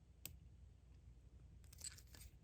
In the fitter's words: just squeeze until you hear it click